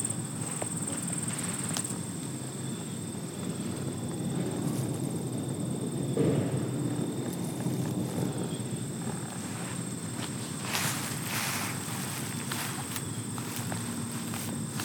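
Footsteps crunch steadily over gravel, a dense, even scuffing in the low and middle range that continues for the whole stretch. A thin, high insect whine holds throughout, and brief brighter rasps flare near seconds 2 and 11.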